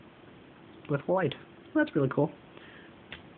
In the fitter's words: pop it off it comes off relatively easily